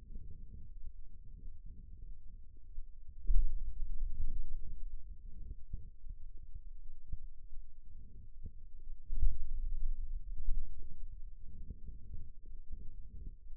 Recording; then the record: forearm muscle sounds (acoustic myography)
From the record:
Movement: pen grasping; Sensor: system 2, bracelet of six BSWA MPA416 microphones around the upper forearm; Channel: 1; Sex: male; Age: 22 years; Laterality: right